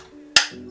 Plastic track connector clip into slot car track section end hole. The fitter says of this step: and once you hit that click that is now seated and the bottom one and what that does that holds the two bits